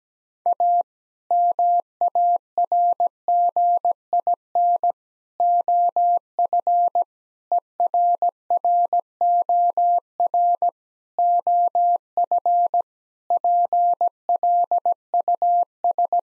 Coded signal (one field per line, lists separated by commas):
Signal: Morse code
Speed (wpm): 17 wpm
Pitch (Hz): 700 Hz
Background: none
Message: A MARGIN OF ERROR OF PLUS